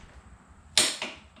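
A click-type torque wrench set to 47.5 ft-lb is pulled on a steel engine mounting bolt in a Suzuki motorcycle frame. A sharp, loud click at 0.8 s shows the wrench reaching its setting, followed by a fainter metallic tick at about 1.0 s over a quiet low background hum. The bolt is tightened to the set torque.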